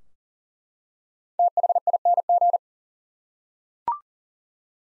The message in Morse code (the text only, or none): THING